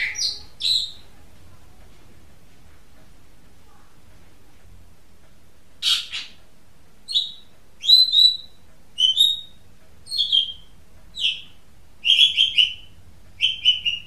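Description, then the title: Oriental magpie-robin giving a few whistled notes, then a long quiet gap, followed by spaced clear whistles and short chirpy phrases repeated about every second. "Kicau Kacer"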